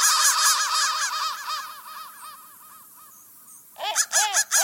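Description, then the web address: Crows cawing: loud overlapping harsh caws that fade into a quieter stretch, then a few sharp loud caws return. "soundfactory crow"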